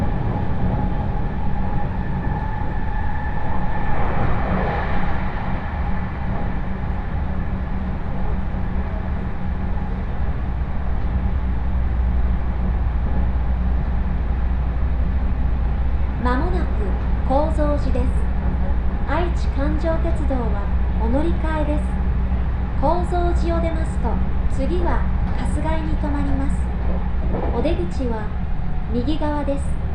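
A train journey on the Chuo West Line, with a steady low rumble of the moving carriage throughout and a faint swell around five seconds. From about sixteen seconds a woman's voice speaks, apparently an announcement, continuing in phrases to near the end.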